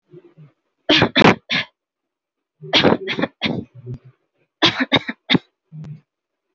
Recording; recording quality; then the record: shallow voluntary cough; excellent, no background noise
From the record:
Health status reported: healthy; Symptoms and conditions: none ticked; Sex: female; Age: 28 years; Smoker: not ticked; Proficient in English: yes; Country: India